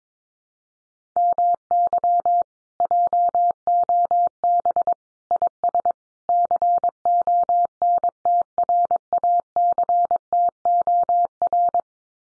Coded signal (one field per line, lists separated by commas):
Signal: Morse code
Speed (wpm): 22 wpm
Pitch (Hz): 700 Hz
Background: none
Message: MY JOB IS CONTRACTOR